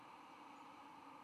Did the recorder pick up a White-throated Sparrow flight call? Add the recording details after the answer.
no. No flight call is heard. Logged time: 00:05 on 17 November 2014